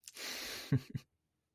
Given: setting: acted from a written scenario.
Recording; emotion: vocal sound without words; pride